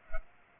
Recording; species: mosquito wingbeat signal from an infrared sensor; Culex pipiens